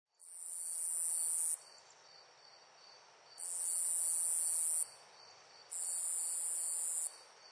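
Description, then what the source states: Insect chirping: a loud, very high, steady buzzing trill in three bursts of about one and a half seconds, separated by quieter pauses, over soft background hiss. Loud insect chirps in a nature ambience.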